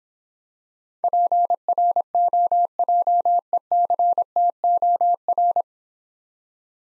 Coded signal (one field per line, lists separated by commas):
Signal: Morse code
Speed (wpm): 26 wpm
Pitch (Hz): 700 Hz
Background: none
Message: PROJECTOR